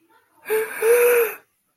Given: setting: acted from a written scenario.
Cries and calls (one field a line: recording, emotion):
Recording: vocal sound without words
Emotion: fear